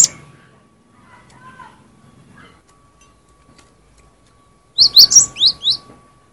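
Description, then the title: Cinereous tit song: after a near-silent stretch, one quick burst of five or six high, sharp, downslurred chirps near the end, over a faint steady hum. "suara burung gelatik winko"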